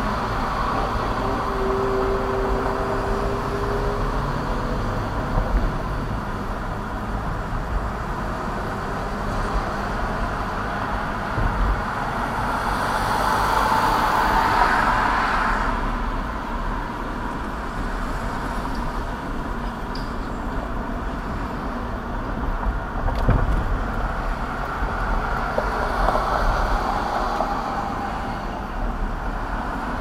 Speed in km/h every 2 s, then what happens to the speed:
47, 45, 44, 42, 42, 44, 45, 47, 45, 45, 45, 45, 44, 42, 37.
0-22 steady at about 45. 22-30 slows to 37.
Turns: none.